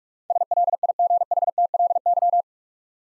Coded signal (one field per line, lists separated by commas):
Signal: Morse code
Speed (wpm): 46 wpm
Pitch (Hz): 700 Hz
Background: none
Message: SLIGHTLY